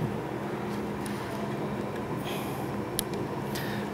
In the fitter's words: these are directional so they can only go on one way it'll clip on